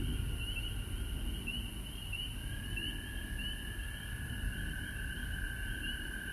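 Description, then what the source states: Frog chorus of steady trills and repeated higher chirps, partly masked by strong low rumbling noise throughout. Recorded at home in Georgia on March 19, 2020.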